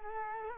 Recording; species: mosquito wingbeat signal from an infrared sensor; Culex quinquefasciatus